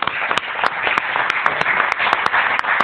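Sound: audience applause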